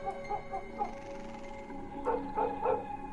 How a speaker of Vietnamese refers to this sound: Con Mích đứng ở ngoài hiên, nó như cũng nhận biết tình thế nguy hiểm mà nó sủa lên ghê lắm, như điên như cuồng vậy.